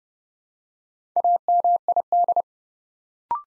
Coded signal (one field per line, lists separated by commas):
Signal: Morse code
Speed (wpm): 30 wpm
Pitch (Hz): 700 Hz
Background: none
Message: AMID